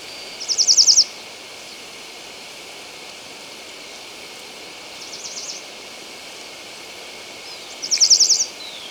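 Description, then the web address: Band-tailed seedeater song: brief high buzzy trills of rapid repeated notes, a loud one, then a faint one, then another loud one, over constant hiss. Ecuador. "S America Birds of Ecuador. Band-Tailed Seedeater"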